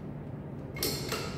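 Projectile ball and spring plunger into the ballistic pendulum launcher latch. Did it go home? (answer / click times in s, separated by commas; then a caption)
yes / 0.8 s. A steel ball is pushed with a pusher rod into the spring launcher of a ballistic pendulum until the trigger latch catches at the first click, setting speed one. After a low, steady background, a sharp metallic click is heard at 0.8 s, followed by a second bright tick near 1.1 s. The ball and spring plunger are seated and latched at the first click.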